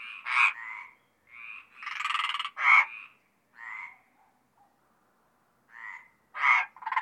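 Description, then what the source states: Mediterranean tree frogs giving loud rasping croaks in short bursts, with a quieter gap in the middle. Mediterranean tree frogs recorded at Apt, Vaucluse, in June 2010.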